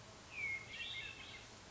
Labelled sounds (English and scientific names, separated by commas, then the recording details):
Hermit Thrush (Catharus guttatus)
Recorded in Sonoma County, California